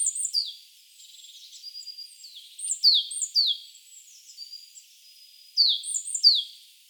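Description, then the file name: Great tit calls, clusters of high, steeply falling notes with short thin tones between, repeated in bursts every couple of seconds. "Parus major"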